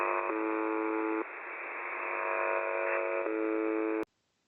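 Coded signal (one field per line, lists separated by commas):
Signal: channel marker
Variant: UVB-76 (The Buzzer)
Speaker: Şimdi sırada bu frekansı dinleyerek kaydettiğim ufak bir ses kaydı var.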